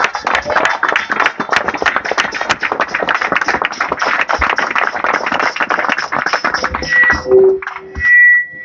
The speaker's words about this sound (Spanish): Un aplauso grande para las y los fiscales.